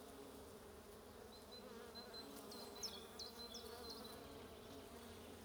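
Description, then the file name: Bees hum steadily in a low drone, with a thin high whistle and a few brief bird chirps midway. "buzzing bees"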